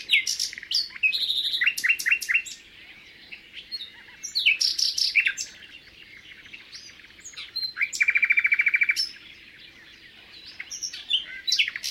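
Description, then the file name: Common nightingale pouring out varied phrases, including a loud buzzy run of fast repeated notes lasting about a second, between quieter pauses. "rouxinol comum"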